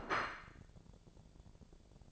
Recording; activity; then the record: daily activity, microphone in the room; place plate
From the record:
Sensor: 5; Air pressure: 1000.3 hPa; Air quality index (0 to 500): 118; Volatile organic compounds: 1 ppm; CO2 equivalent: 941 ppm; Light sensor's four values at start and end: 107/254/109/117 and 107/253/108/117